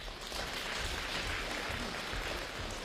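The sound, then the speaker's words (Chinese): Steady audience applause at a xiangsheng (crosstalk) show at the Peking University Crosstalk Space (北大相声空间), a dense crackle of many hands clapping at an even, fairly loud level with no talking over it. “谢谢您的掌声。”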